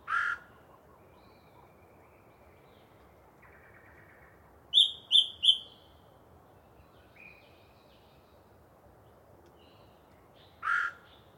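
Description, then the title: Yellow-breasted chat song: a harsh chuck, soft trills, a quick run of three loud high notes, and a final harsh chuck. Long pre-dawn singing session by one particularly chatty bird in deciduous cover. "A Very Chatty Yellow-breasted Chat"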